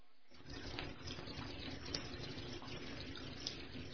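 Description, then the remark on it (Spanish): Foul-smelling water pours steadily from a half-blocked tap in a corridor into a bucket, a continuous hissing gush that starts abruptly and holds an even level throughout, with no voices. “En silencio, la mujer del médico salió y de un grifo medio bloqueado en un pasillo desolado llenó un cubo con agua fétida.”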